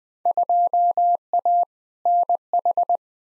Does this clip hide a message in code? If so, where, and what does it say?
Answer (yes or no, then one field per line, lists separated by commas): yes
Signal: Morse code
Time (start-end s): 0.3-3.0 s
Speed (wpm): 20 wpm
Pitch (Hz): 700 Hz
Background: none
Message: 2A NH